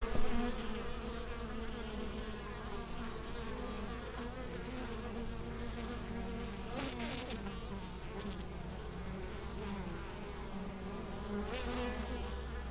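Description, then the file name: Western honey bee buzzing as a steady layered drone, with a few short sharp noises partway through. "apis mellifera"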